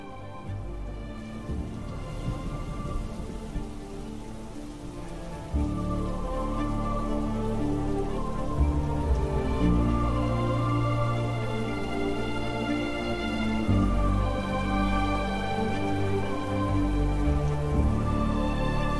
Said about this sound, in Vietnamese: Trên bầu trời, mưa vẫn chưa dừng lại. Thậm chí mưa càng lúc càng nặng hạt hơn.